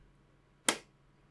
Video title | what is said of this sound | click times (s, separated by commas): Nvidia Jetson AGX Unboxing & Teardown | there you go and that snaps back into place before you power on you | 0.7 s